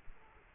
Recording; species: mosquito wingbeat signal from an infrared sensor; Aedes aegypti